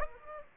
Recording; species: mosquito wingbeat signal from an infrared sensor; Aedes aegypti